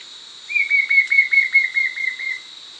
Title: LuckyPassaro Completos2Sama. White-shouldered Fire-eye (Pyriglena leucoptera)